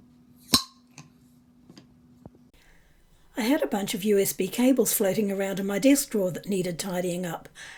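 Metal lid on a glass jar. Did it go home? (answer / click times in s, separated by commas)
released / 0.5 s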